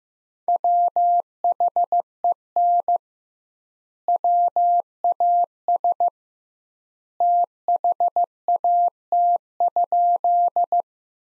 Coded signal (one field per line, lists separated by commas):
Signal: Morse code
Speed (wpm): 15 wpm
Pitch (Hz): 700 Hz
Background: none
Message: WHEN WAS THAT?